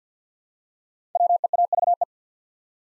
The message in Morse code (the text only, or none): WEAVE